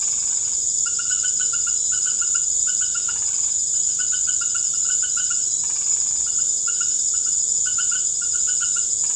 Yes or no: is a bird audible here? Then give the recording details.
no. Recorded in secondary vegetation near Puerto Asís, Putumayo, Colombia, on 26 December 2024 at 19:00. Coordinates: 0.489, -76.322. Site G059